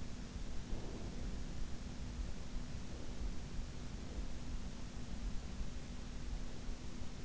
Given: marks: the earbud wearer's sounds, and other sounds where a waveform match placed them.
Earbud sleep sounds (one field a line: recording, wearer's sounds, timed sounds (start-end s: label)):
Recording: sounds in sleep by an in-ear microphone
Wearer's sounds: breath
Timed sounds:
0.54-1.60 s: breath